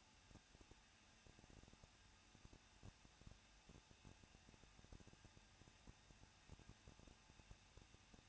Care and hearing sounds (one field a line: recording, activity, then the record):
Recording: daily activity, microphone in the room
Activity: no activity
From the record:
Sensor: 2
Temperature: 21.0 degrees Celsius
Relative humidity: 37.4%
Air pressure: 1006.2 hPa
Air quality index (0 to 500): 222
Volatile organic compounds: 24 ppm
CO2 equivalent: 2806 ppm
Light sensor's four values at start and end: 2/3/2/2 and 2/3/2/2